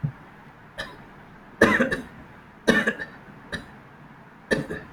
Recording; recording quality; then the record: heavy voluntary cough; moderate, slight background noise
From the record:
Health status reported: healthy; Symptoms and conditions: none ticked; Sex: male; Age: 25 years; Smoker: not ticked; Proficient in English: yes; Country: India